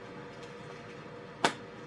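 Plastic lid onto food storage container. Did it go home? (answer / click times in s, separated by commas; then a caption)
yes / 1.5 s. A plastic food-storage lid is pressed down all the way around the rim of its container over a faint, steady background hiss. A single sharp snap rings out at 1.5 s as the lid seats onto the container.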